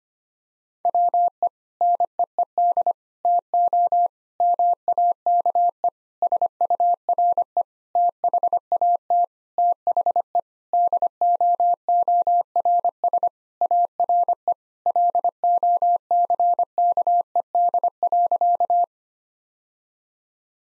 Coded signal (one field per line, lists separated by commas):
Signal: Morse code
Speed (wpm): 25 wpm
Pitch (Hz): 700 Hz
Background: none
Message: WE NEED TO MAKE SURE THAT THE DOORS ARE LOCKED.